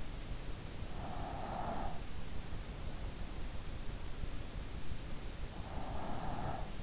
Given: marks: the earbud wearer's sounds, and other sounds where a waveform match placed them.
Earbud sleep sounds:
sounds in sleep by an in-ear microphone; breath
0.67-2.22 s: breath
5.25-6.83 s: breath

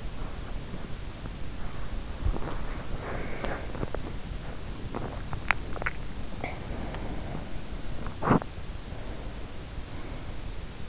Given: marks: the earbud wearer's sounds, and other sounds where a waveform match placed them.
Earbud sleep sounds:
sounds in sleep by an in-ear microphone; body movement, teeth grinding, breath, swallowing
0.00-4.91 s: body movement
2.10-5.26 s: teeth grinding
2.81-7.63 s: breath
5.26-7.18 s: swallowing
8.03-8.56 s: teeth grinding
8.79-10.88 s: breath

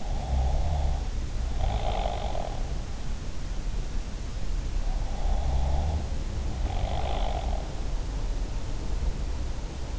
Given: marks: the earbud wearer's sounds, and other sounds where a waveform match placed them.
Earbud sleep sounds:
sounds in sleep by an in-ear microphone; snoring breath
0.00-2.76 s: snoring breath
4.95-7.49 s: snoring breath

